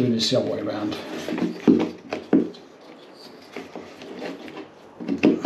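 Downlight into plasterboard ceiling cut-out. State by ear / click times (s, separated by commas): seated / 5.2 s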